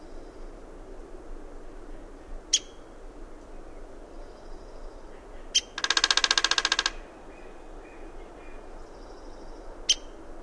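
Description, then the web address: Downy woodpecker with three sharp, high pik calls scattered throughout and one rapid drum roll of about a second, soft bird twitters in the background. North America, western region. "Songs of Birds of North America Know Your Bird Sounds Common Western Species. Downy Woodpecker"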